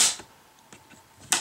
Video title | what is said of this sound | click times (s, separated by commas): Magpul MBUS Pro All Steel AR-15 Back Up Iron Sights Review (HD) | you can see positive click so that way you know it's in place when you put it up | 1.3 s